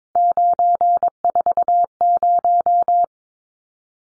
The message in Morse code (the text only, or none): 940